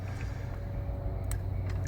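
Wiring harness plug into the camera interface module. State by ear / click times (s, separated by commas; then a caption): seated / 1.3 s. A wiring harness plug is pushed into the camera interface module behind the dash of a Jaguar F-Type during a front and rear camera installation. Over a steady low hum, a single sharp click is heard at 1.3 s as the latch snaps, and the connector is seated.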